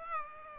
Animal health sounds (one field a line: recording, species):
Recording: mosquito wingbeat signal from an infrared sensor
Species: Aedes aegypti